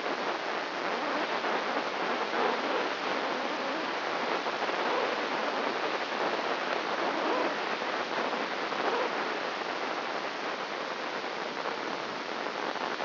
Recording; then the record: brain microelectrode recording played as sound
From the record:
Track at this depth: outside the subthalamic nucleus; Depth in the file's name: 1.406 mm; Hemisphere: right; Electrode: 2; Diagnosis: Parkinson's disease